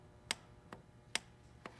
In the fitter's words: and now we're going to bring our torque wrench and you're going to listen for like a clicking sound and